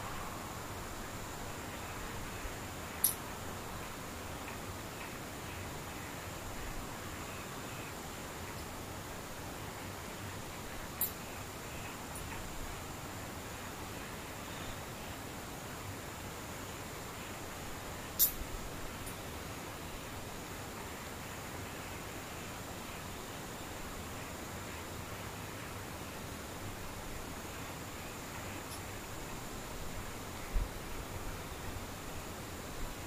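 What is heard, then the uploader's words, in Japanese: A near-silent stretch with faint, distant insects: a thin, steady high whine runs unchanged beneath a soft, even hiss. A few sharp, brief clicks break through around 3, 11, 18 and 30 seconds; otherwise nothing changes. 無音 遠くにムシ。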